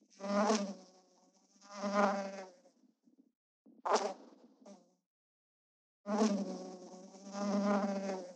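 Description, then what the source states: Fly buzzing in low droning bursts with harmonics, several surges separated by brief silences, then a longer buzz to the end. Recorded at close range.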